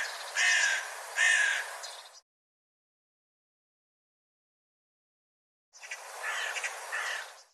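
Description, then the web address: Bird giving harsh, raspy caws: two quick calls, a few seconds of silence, then one longer rough call. "cianscape birddata Deverinetal 2025 File cleaned normalized Bird"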